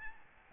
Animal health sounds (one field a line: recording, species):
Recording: mosquito wingbeat signal from an infrared sensor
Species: Aedes albopictus